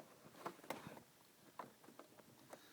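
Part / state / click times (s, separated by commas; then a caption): plastic snap clips of a battery cover going into a scooter body panel / seated / 0.7 s, 1.6 s. After installing the battery on a TaoTao gas scooter, the plastic battery cover is fitted and its small plastic snap clips are pressed home one by one into the scooter body panel. Sharp plastic snaps ring out at 0.7 s and 1.6 s among fainter ticks and handling noise, and the clips seat in place.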